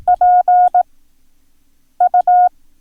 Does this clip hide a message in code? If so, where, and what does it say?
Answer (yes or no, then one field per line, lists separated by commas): yes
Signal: Morse code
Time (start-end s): 0.1-2.5 s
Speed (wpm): 18 wpm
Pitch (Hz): 720 Hz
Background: none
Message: PU